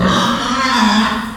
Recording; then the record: squeal of a Yucatan mini pig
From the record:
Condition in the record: after surgery on the right vocal fold (resection and tissue-engineered implant); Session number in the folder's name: 16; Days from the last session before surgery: 183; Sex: female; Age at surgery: 19 weeks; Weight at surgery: 25 kg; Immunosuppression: prednisolone